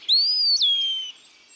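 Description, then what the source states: Eastern Wood-Pewee song: one clear, slurred whistle that rises, then drops to a long falling tone, a single phrase. Late summer song; understatedly simple and definitive, the bird says its own name.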